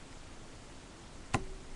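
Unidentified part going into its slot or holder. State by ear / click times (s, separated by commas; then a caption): seated / 1.3 s. A part is pressed down into its slot or holder over a steady low background hiss. A single sharp click sounds at 1.3 s as it seats in place.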